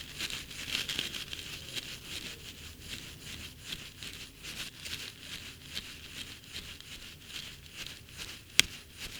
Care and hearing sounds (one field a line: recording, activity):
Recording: daily activity, guitar pickup as the sensor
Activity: brush teeth